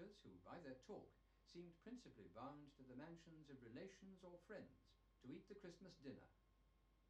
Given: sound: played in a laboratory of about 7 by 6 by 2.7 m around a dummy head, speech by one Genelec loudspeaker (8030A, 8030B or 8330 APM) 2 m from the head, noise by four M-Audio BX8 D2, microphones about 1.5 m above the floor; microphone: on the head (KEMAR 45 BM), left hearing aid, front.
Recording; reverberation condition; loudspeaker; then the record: male speech in English; low; 150 degrees to the right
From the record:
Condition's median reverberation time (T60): about 310 ms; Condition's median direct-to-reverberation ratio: about 3.5 dB